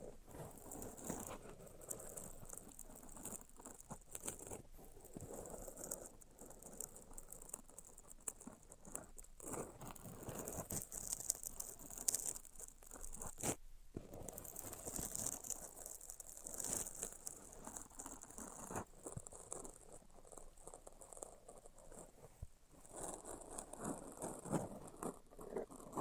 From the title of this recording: Tapping, Scratching, and Tracing Sounds